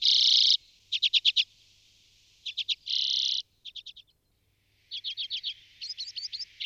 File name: Golosa ptic - CHechyotka Acanthis flammea